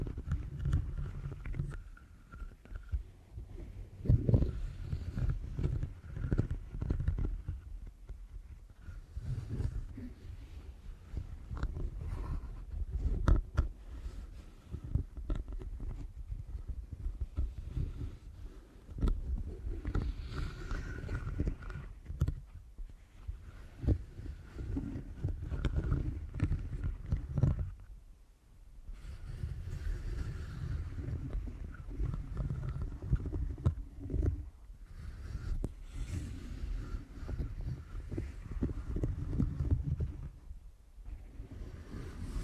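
Deep ear canal massage with a steady, dense low rumbling and rubbing, briefly dropping away near twenty-eight seconds and again near forty.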